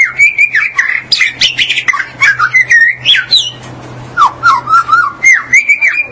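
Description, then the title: Magpie-robin or shama song: loud, continuous warbling of wavering whistled notes, rising and falling in quick succession over a steady low hum. "BM Suara Burung Murai"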